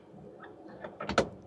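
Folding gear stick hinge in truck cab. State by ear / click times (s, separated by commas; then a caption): seated / 1.2 s. In a Kenworth K220 truck cab, the folding gear stick is pushed down out of the way to get into the back. A few small knocks lead up to a sharp, loud click at 1.2 s as the stick's hinge locks into place. The stick is seated.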